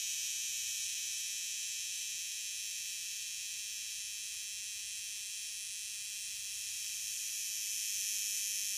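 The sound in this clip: Cicada buzzing, a steady shrill hiss-like drone held throughout.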